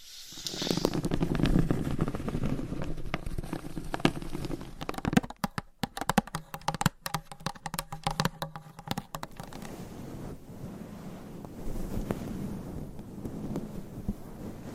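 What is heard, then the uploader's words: Scratching and tapping in three distinct sections. For the first five seconds a dense, low, rumbling scrape runs steadily. Then comes a burst of sharp, rapid taps, and after about nine seconds a softer, quieter brushing sound carries to the end. ASMR Scratching & Tapping That Changes Every 5 Seconds ASMR for ADHD - No Talking.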